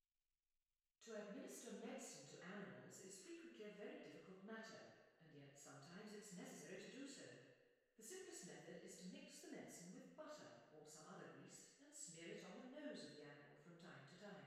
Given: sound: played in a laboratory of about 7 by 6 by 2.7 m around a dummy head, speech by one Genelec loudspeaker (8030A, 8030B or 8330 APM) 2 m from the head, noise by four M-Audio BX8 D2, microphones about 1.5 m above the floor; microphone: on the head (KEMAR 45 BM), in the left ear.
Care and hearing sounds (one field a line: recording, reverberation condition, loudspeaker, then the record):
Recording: female speech in English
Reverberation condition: high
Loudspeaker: 60 degrees to the right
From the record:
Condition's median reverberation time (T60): about 1300 ms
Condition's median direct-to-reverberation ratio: about -4.0 dB